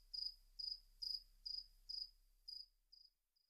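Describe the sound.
Cricket chirps, high pulsed bursts about twice a second that grow weaker and fade out toward the end.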